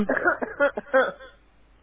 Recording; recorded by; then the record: voluntary cough; telephone call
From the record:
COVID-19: negative